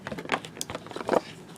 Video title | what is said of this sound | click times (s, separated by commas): Attaching A Mora Garberg To A Terava Skrama | and it pops into place and then locks in here it's a leather sheath | 0.6 s